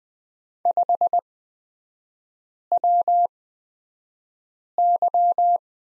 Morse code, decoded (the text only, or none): 5WY